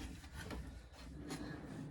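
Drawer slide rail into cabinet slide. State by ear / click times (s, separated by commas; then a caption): not seated / none. A wooden RV drawer is held while its slide rails are lined up with the cabinet slides on both sides before it is pushed home. Only rubbing and sliding sounds are heard, with a brief scrape near 0.5 s. Nothing has seated or clicked yet.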